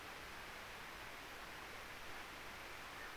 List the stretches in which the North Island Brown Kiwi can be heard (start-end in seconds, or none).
none